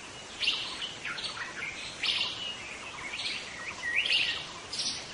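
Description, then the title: White-rumped shama song: several short bright phrases of high whistled and rasping notes, over faint background hiss. Wild white-rumped shama, called murai batu hutan, singing in forest. "Suara burung murai batu hutan"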